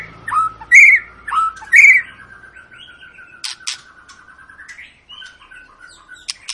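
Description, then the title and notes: White-rumped shama: bird song with loud clipped whistles, then a long steady whistled tone overlaid by scattered ticks and soft chirps. Long continuous lure song of a shama singing prolifically, meant to prompt other birds to sing. "Pancingan Murai Batu Gacor Panjang. muraiku"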